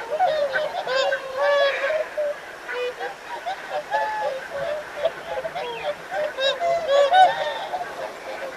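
Whooper swans exchanging bugling honks, bursts of several calls separated by brief quieter gaps, many birds calling together.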